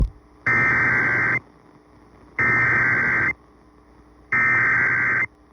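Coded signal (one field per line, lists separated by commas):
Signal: Emergency Alert System (SAME) tones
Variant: header bursts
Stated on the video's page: Tornado warning heard on an FM radio station, audio only.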